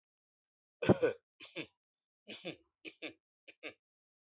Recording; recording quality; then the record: shallow voluntary cough; excellent, no background noise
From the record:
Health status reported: healthy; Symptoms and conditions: none ticked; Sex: male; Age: 41 years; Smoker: not ticked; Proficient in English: yes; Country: India